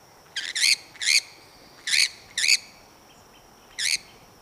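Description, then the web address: Maroon-tailed parakeet calls: a few loud, harsh, grating screeches at irregular intervals, the first one doubled. Recorded in Ecuador, South America. "Birds of Ecuador. Maroon-tailed Parakeet"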